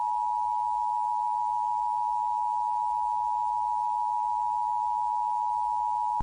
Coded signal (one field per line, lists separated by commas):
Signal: Emergency Alert System (SAME) tones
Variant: 853 and 960 Hz attention tone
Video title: [EAS Scenario] State of Emergency